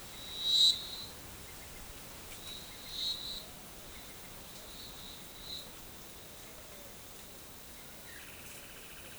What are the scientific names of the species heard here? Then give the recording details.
none. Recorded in forest near Pivijay, Magdalena, Colombia, on 14 April 2023 at 16:00. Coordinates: 10.467, -74.380. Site Z5-G034